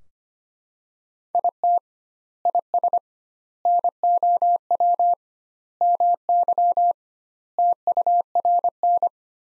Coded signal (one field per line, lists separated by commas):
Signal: Morse code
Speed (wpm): 25 wpm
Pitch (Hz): 700 Hz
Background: none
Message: IT IS NOW MY TURN